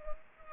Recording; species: mosquito wingbeat signal from an infrared sensor; Culex pipiens